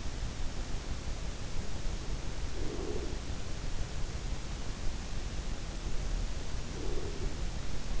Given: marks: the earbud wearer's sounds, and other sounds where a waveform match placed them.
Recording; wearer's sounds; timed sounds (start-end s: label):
sounds in sleep by an in-ear microphone; breath
2.42-3.66 s: breath
6.57-7.86 s: breath